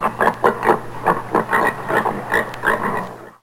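Pig grunting in a quick run of short, rough, harmonic oinks, fading at the end.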